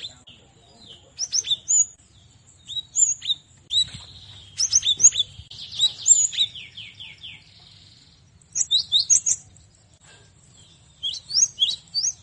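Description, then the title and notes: Cinereous tit singing busily: dense runs of high, twittering, downslurred notes and quick chirp series, broken by short pauses. Masteran (training recording for cage birds). "Masteran Gelatik Batu. burung gelatik"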